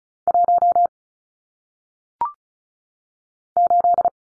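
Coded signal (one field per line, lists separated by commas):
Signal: Morse code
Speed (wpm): 36 wpm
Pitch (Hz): 700 Hz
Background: none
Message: 1 8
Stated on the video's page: Morse code head-copy drill of single-digit numbers at 35 wpm, each sent twice around a spoken answer.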